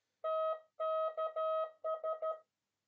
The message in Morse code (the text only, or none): TKS